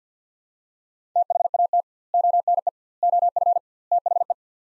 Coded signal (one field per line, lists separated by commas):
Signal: Morse code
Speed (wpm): 50 wpm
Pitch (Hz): 700 Hz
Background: none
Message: THAT ONE OF THE